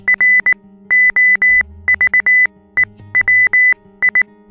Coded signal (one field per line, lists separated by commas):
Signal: Morse code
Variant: Russian alphabet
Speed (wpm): 19 wpm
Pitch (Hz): 2000 Hz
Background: music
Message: РОЖЕВИ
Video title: Азбука морзе - Софія Баран (сюжет до програми РОЖЕВІ ОКУЛЯРИ)